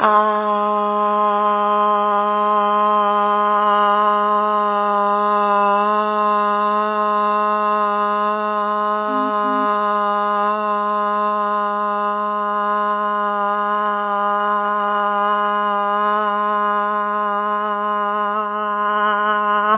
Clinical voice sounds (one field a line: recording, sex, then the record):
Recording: sustained vowel /a/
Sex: female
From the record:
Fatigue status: no fatigue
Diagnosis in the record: COVID-19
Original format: 3gp